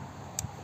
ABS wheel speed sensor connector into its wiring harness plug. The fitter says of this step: push it in until you hear the click,